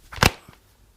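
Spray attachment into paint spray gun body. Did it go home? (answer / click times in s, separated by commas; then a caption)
yes / 0.2 s. A spray attachment is pushed into a Wagner Flexio W590 paint spray gun and twisted until it catches at the bottom. A faint tick at 0.2 s leads into a sharp, broadband snap at 0.2 s, followed by a short fade into quiet. The attachment seats at 0.2 s.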